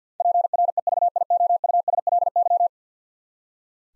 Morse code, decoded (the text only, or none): PREVIOUSLY